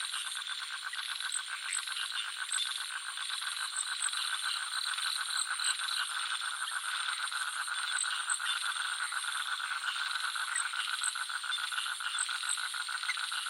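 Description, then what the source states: Frog giving rapid, rattling pulsed croaks throughout, under continuous shrill insect and cricket trilling. Jungle nature soundscape with frogs and crickets.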